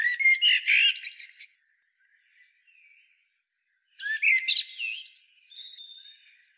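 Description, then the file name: Common blackbird: a burst of squeaky twittering, a quiet gap with faint notes, then a second phrase of whistles and chirps. "Turdus merula"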